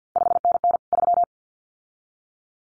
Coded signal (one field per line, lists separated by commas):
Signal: Morse code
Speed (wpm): 50 wpm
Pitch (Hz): 700 Hz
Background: none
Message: 5NN 3